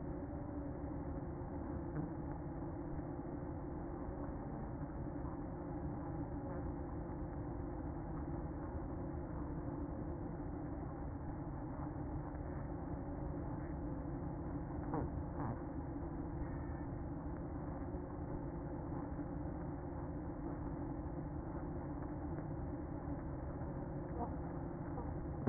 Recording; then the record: honeybee colony, microphone inside the hive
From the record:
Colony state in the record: queen present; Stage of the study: after two queens were removed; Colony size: about 60,000 bees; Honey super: yes